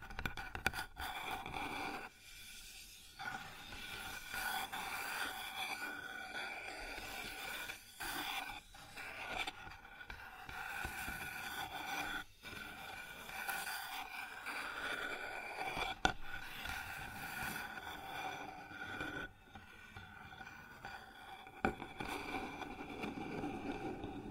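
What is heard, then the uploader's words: Sounds on a wooden surface: a dense, continuous rubbing and scraping with a steady mid-pitched ring running through it. Sharp knocks cut in near 1, 8, 12 and 16 seconds, and the scraping briefly thins around 2–3 and 19–20 seconds. ASMR Sounds on Wooden Surface (No Talking).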